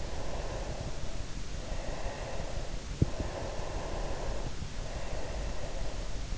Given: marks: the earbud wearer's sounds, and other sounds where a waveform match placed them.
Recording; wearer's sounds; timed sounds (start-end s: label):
sounds in sleep by an in-ear microphone; breath
0.05-6.16 s: breath